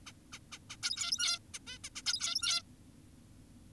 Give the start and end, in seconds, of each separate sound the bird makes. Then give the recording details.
0.06-0.12, 0.33-0.39, 0.52-0.58, 0.70-0.76, 0.83-1.39, 1.54-1.59, 1.67-1.78, 1.84-1.89, 1.96-2.02, 2.06-2.62. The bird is an adult. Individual g17y2U